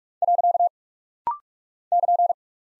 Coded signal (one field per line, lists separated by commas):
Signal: Morse code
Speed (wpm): 46 wpm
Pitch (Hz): 700 Hz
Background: none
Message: . <KN>